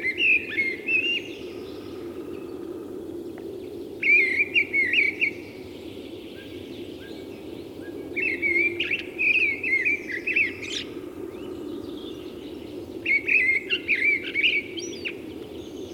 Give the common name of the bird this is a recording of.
Mistle Thrush